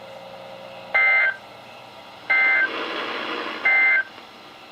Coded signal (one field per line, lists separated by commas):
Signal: Emergency Alert System (SAME) tones